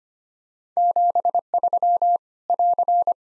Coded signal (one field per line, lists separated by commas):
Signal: Morse code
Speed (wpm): 25 wpm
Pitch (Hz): 700 Hz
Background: none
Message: 73 <AR>